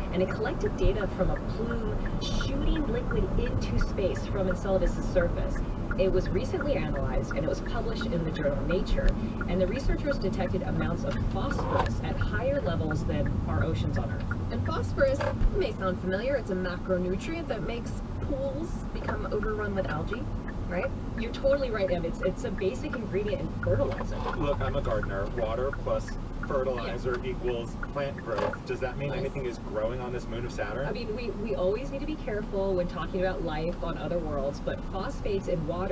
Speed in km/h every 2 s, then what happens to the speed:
52, 48, 47, 42, 35, 27, 24, 23, 24, 24, 23, 19, 13, 13, 16, 16, 16, 13.
0-13 slows to 23. 13-19 steady at about 24. 19-24 slows to 13. 24-36 steady at about 13.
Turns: 9-13, 22-27.